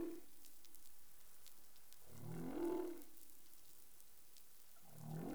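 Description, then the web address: Humpback whale song: one full low, harmonic moan midway, with the tails of similar units at the start and end, over faint background crackle. Recorded in the Caribbean on 20 April 2021 at 03:50 UTC. "CARIMAM clean data humpback whale"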